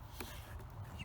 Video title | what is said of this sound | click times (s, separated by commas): How to Reset a Tesla Low Voltage Battery Alert | push it until it clicks and there we go | 0.2 s